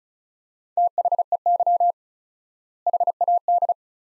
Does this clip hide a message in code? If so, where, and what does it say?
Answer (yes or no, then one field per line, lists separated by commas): yes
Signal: Morse code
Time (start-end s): 0.8-3.7 s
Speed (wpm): 36 wpm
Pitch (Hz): 700 Hz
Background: none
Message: THEY HAD